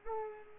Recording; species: mosquito wingbeat signal from an infrared sensor; Culex pipiens